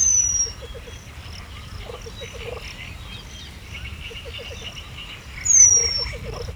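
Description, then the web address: Eurasian penduline tit giving a thin, high descending whistle at the start and again near the end, over pulsed croaking and a dense chorus of other birds. Hortobágy National Park, 2 May 2013; long-lasting penduline tit calling. "allathangok hortobagyinemzetipark 2013 fuggocinege kakukk hosszantartoanfuggocinege esmasok 2013 majus 02"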